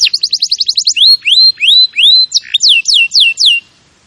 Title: Kenari Gacor